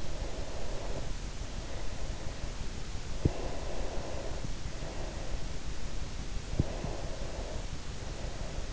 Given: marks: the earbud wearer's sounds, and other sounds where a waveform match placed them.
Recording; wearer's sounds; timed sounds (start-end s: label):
sounds in sleep by an in-ear microphone; breath
0.41-2.75 s: breath
3.27-5.87 s: breath
6.52-8.73 s: breath